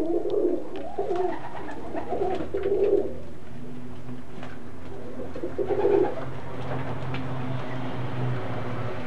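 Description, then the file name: Tumbler pigeons cooing in throaty bursts over the first few seconds and again later, with a low hum in the later part. Tumbler pigeons kept by their owner, Alfred Baldia, in 1984. "Baldia Alfred mit seinen Tümmler Tauben im Jahre 1984"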